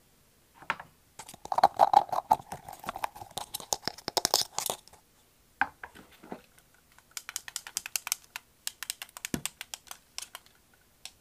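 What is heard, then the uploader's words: Pop-it toy bubbles snap in quick, dense runs of sharp clicks, pausing briefly before sparser pops resume, with one duller thump near the end. 𝑜𝑛𝑒 ℎ𝑜𝑢𝑟 𝑜𝑓 𝐴𝑆𝑀𝑅 - 𝑛𝑜 𝑡𝑎𝑙𝑘𝑖𝑛𝑔. ᴘᴏᴘ ɪᴛ sᴏᴜɴᴅs.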